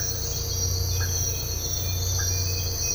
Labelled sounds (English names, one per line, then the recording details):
none
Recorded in dense forest near Puerto Asís, Putumayo, Colombia, on 13 March 2025 at 05:30
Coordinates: 0.468, -76.322
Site GP01